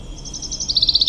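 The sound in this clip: Common chaffinch song fragment: a few soft high notes, then a rapid, even series of sharp repeated notes at a steady pitch.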